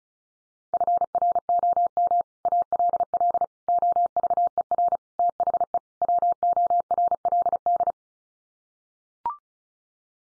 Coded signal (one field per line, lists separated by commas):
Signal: Morse code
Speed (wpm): 34 wpm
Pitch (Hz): 700 Hz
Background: none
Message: FROM ALL OVER THE WORLD